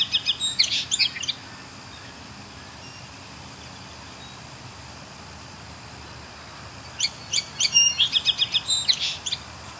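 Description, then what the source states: Song sparrow song, two bursts of quick high notes separated by several seconds of quiet background. Bird singing close in front of the recordist, listening to other birds' calls and singing in response.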